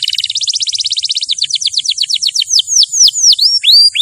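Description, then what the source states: Canary song: rapid trilled rolls of high notes shifting into slower, swooping downward-sweeping whistles, each phrase repeated in quick series. Champion canary song used as a master recording for training other birds.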